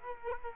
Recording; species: mosquito wingbeat signal from an infrared sensor; Culex quinquefasciatus